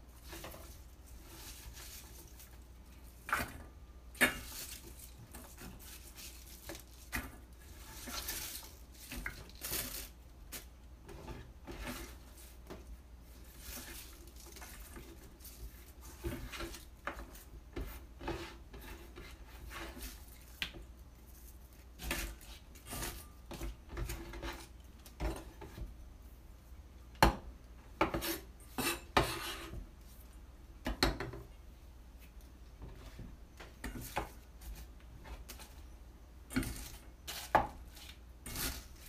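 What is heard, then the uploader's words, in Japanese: Okonomiyaki cooks on a griddle, with a steady low hum beneath. Sharp metal scrapes and taps from spatulas and utensils come irregularly and often throughout, clustering more thickly in the second half. お好み焼きを焼く。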